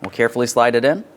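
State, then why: Not seated. A wiring harness connector with a locking tab is being slid into the back of the master window switch panel of a 2008-2016 Chrysler Town & Country while someone talks throughout. Nothing has clicked or seated yet.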